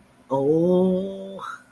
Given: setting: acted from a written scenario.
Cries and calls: vocal sound without words; guilt

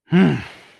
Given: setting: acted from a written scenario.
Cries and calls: vocal sound without words; desire

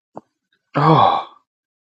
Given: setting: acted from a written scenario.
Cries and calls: vocal sound without words; awe

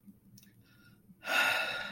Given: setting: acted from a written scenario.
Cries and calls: vocal sound without words; disappointment

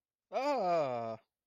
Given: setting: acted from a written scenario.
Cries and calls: vocal sound without words; positive surprise

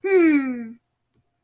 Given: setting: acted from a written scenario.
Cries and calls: vocal sound without words; pride

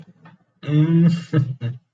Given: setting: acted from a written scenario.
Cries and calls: vocal sound without words; positive surprise

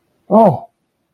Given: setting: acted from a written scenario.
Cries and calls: vocal sound without words; pain

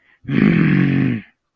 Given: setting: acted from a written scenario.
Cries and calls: vocal sound without words; anger

